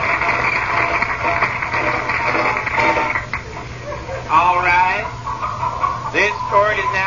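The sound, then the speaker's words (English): Several chickens cluck and squawk in a busy, overlapping flurry in a courtroom, with bursts of higher, wavering calls standing out toward the end over a steady low hum. “Bailiff, why are all these chickens doing in the courtroom here?”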